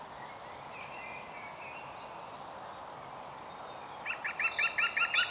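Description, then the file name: European green woodpecker laughing call: a quick run of several loud, even notes near the end, after thin high whistles from other birds over steady background hiss. "Groene Specht Picus viridis"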